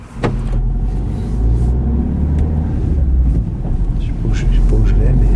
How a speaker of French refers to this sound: on est toujours dans votre voiture, on vient de quitter le TGI de Nanterre.